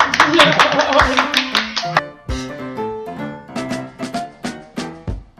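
Dense clapping for about two seconds, layered over a melodic tune. The clapping stops and the music continues alone in plucked, rhythmic notes.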